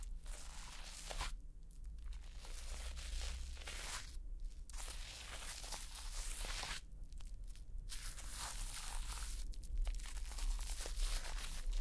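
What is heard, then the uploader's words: Shaving foam fizzes and crackles in a dense, bright, hissing texture that runs nearly the whole time. It breaks off in several short pauses, around two, four, seven and ten seconds, before surging back. A low steady hum sits underneath throughout. ASMR Intense Shaving Foam Sounds.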